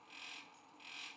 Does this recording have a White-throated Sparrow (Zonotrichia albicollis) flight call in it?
no